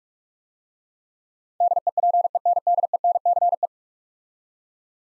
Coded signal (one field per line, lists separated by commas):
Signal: Morse code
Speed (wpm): 44 wpm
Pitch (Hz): 700 Hz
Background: none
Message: DEPENDENCE